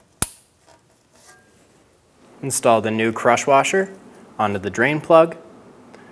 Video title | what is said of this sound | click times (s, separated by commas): How to Replace Engine Oil Cooler Line 2014-2019 Toyota Highlander | and reinstall the connector push until you hear a click | 0.2 s